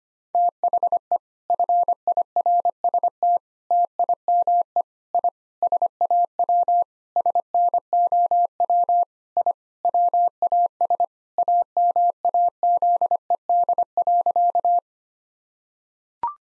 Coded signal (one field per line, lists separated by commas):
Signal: Morse code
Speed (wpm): 25 wpm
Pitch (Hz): 700 Hz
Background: none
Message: THE FIRST TIME I SAW SNOW I WAS AMAZED.